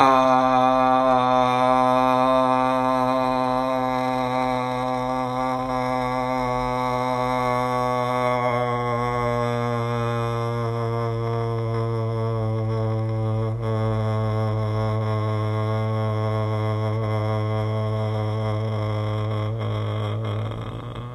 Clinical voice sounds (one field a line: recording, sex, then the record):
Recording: sustained vowel /a/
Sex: male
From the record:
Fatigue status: no fatigue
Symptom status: asymptomatic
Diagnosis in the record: COVID-19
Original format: m4a